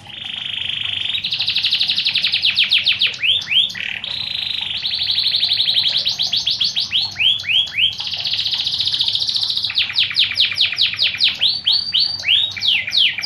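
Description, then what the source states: Lovebird chatter: sustained high buzzing trills broken by quick bursts of sweeping chirps, continuing steadily for the whole stretch. Lovebird calls used as a lure to attract birds.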